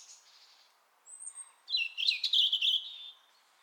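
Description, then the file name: European robin song: a faint opening warble, a thin high note, then a bright trilled phrase that wavers and fades out. "Erithacus rubecula"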